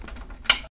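A small plastic strut is attached by magnets to the back of the rear thruster on a 1/6 scale Hot Toys Batmobile Tumbler 2.0 model, over a low, steady background hum with a few faint ticks. A single sharp, bright snap at 0.5 s marks the strut seating onto the thruster, then it quickly fades to silence.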